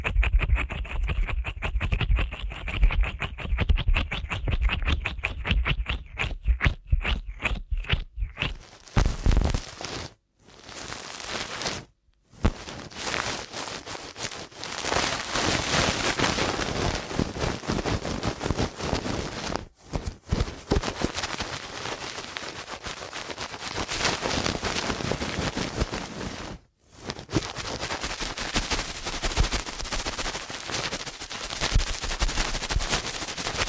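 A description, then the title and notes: Fast ear cleaning, opening with a quick run of rapid, regular taps that speed up over about eight seconds. Dense, bright scratching and rubbing follows almost nonstop, broken by short silences near 10, 12, 20 and 27 seconds. ASMR Ear Cleaning at Helicopter Speed.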